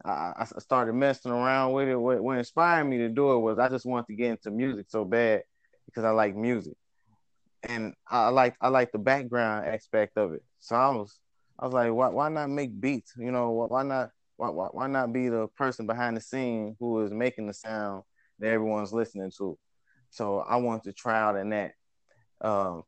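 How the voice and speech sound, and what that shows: An adult man speaks in a mid-low voice at a conversational pace, with frequent short pauses and repeated words and syllables such as "I like, I like" and "why, why, why not." These repetitions mark a speech impediment with disfluent starts; he slips up when words spill out. Articulation is otherwise clear.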